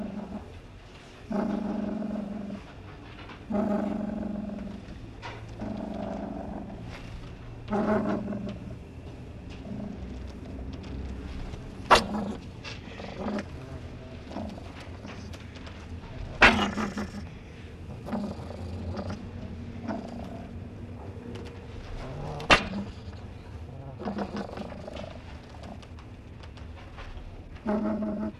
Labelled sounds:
Fennec Fox (Vulpes zerda) call

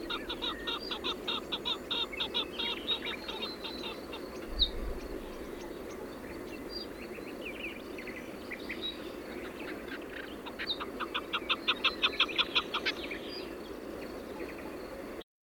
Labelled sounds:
Chukar (Alectoris chukar) call

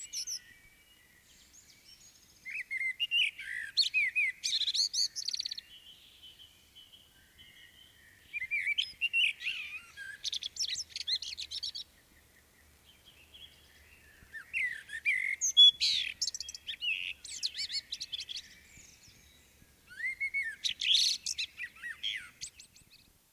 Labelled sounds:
Common Blackbird (Turdus merula) song

